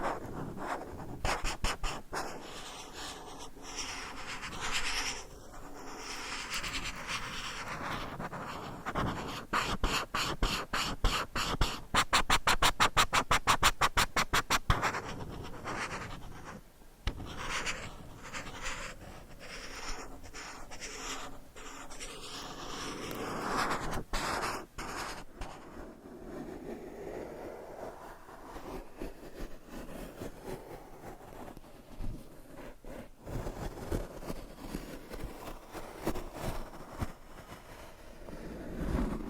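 Scratching and tapping sounds carry on without a break, made up of dense, rapid strokes and sharp clicks. A burst of very quick taps comes around 11 to 14 seconds. After about 25 seconds the strokes turn softer and slower, with occasional louder scrapes.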